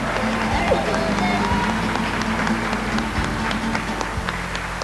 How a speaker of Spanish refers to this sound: Aplauso para la comunidad que hoy nos recibe, que es Virgen Niña. Un aplauso para Virgen Niña.